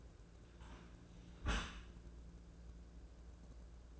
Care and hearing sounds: daily activity, microphone in the room; close dishwasher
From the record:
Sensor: 2

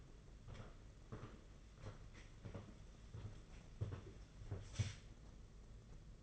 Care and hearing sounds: daily activity, microphone in the room; walk to room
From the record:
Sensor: 4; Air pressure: 992.9 hPa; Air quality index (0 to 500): 174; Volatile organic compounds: 319 ppm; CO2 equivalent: 4522 ppm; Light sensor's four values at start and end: 4/10/4/5 and 4/10/4/4

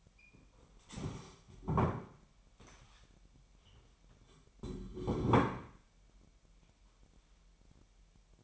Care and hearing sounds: daily activity, microphone in the room; stand up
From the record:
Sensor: 1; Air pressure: 998.6 hPa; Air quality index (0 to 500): 118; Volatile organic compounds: 3 ppm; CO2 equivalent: 1411 ppm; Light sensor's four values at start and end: 7/17/7/8 and 7/17/7/8

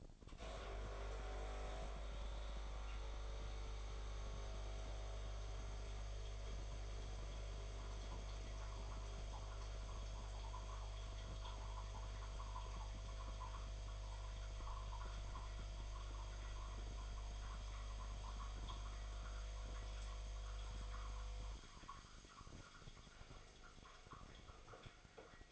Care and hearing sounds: daily activity, microphone in the room; make coffee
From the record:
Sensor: 5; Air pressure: 1000.3 hPa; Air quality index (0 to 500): 124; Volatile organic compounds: 2 ppm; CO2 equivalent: 982 ppm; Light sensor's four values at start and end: 90/211/90/98 and 89/209/89/97

